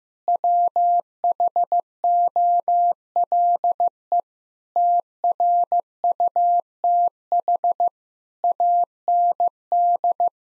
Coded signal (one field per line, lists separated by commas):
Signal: Morse code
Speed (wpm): 16 wpm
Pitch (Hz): 700 Hz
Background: none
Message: WHOLE TRUTH AND